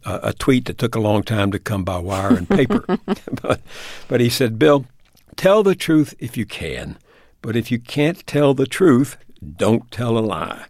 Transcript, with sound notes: a tweet that took a long time to come by wire and paper.
(Laughter).
But he said, Bill, tell the truth if you can. But if you can't tell the truth, don't tell a lie.